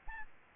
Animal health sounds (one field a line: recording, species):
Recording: mosquito wingbeat signal from an infrared sensor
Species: Aedes albopictus